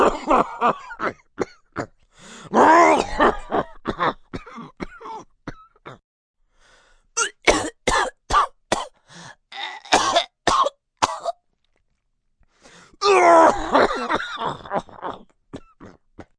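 Three long runs of sharp, rapid, harsh coughs, separated by brief quiet pauses, with a few throaty, strained coughs between the quick bursts. This is a long, acted cough from an adult.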